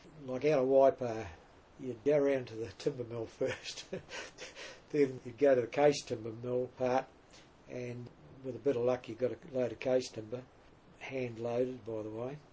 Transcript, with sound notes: Like out of Waipa, you’d go round to the timber mill first, [chuckle] then you’d go to a case timber mill part and with a bit of luck you got a load of case timber – hand loaded by the way.